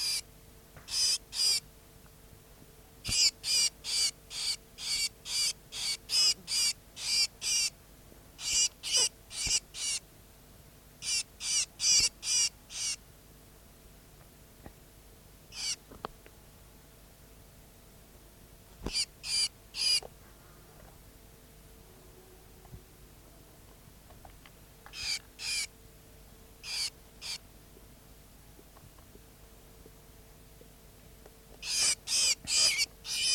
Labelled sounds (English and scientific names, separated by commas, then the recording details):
Great Sparrow (Passer motitensis)
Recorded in the wild
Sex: female
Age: adult
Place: S. Jorge dos Orgaos, Kapverdische Inseln, CV
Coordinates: 15.06, -23.62
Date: 1995-01-20 13:05
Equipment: Sony WM-D6C, Sennheiser ME 66, Kopie Revox C 270
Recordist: Fischer, Stefan